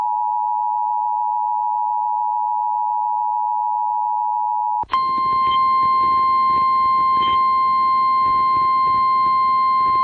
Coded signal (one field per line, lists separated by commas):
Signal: Emergency Alert System (SAME) tones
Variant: 853 and 960 Hz attention tone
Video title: US Emergency Alert Systems 2026 (part 10) (CONTAINS VALID TONES!) - 6-21-26